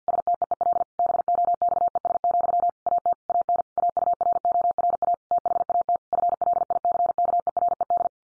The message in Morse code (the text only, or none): STEEL BOXES, AT AN AURORA THAT FLICKERED